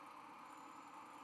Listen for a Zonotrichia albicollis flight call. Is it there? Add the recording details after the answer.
no. No flight call is heard. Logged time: 21:40 on 12 November 2014